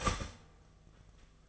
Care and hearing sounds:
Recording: daily activity, microphone in the room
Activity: start toaster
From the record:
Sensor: 4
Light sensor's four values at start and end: 17/57/21/20 and 17/58/22/20

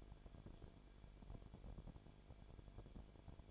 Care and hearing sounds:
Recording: daily activity, microphone in the room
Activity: no activity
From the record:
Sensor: 5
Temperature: 19.8 degrees Celsius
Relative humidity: 33.3%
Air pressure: 1001.4 hPa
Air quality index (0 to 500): 32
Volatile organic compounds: 1 ppm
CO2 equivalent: 526 ppm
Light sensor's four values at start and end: 2/3/1/1 and 2/3/1/1

